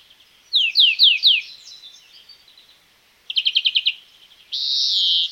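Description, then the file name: European greenfinch singing a few falling twitter notes, then a quick rattling trill, ending in a long nasal buzzy wheeze. "Chloris chloris"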